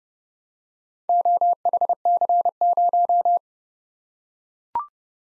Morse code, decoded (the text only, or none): OHC0